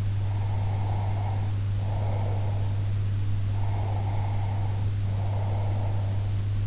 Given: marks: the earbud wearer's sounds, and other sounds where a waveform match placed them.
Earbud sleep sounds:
sounds in sleep by an in-ear microphone; breath
0.24-2.78 s: breath
3.50-6.33 s: breath

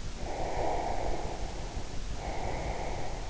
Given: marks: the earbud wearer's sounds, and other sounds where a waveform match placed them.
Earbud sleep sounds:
sounds in sleep by an in-ear microphone; breath
0.37-3.25 s: breath

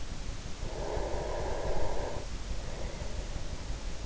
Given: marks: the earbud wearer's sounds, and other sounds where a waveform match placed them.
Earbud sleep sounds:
sounds in sleep by an in-ear microphone; breath
0.32-4.06 s: breath

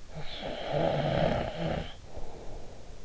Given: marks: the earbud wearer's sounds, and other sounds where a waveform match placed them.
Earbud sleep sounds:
sounds in sleep by an in-ear microphone; snoring breath
0.08-3.04 s: snoring breath

